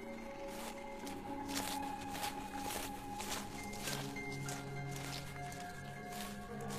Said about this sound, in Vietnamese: Đang đi thì đột nhiên Bảo nghe thấy phía sau lưng như có tiếng bước chân của ai đó đi rất nhẹ, dẫm lên lá cây sột soạt.